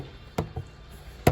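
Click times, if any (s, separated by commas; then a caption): 1.3 s. An exterior storage compartment door on a 2021 Avenger 16RD travel trailer is pushed closed back into place and latched. Two duller knocks come at about 0.4 s and 0.6 s. A sharper, louder hit at 1.3 s is the latch catching, and the door locks shut.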